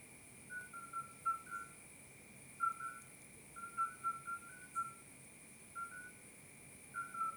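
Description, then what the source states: Midwife toad calling with clean, bell-like short notes in irregular groups, apparently from a few callers at slightly different pitches, over a steady high-pitched background drone. Recorded 30 May 2024 at 22:30, at night.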